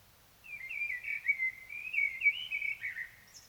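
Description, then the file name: Common blackbird song: a long, fluty, wavering warble that rises and falls with little breaks, ending in a brief high squeak. "Turdus merula"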